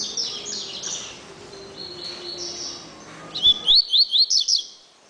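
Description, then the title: Double-collared seedeater singing a quick series of several sharp, rising high notes after softer warbling. "Canto Coleiro"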